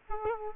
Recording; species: mosquito wingbeat signal from an infrared sensor; Culex quinquefasciatus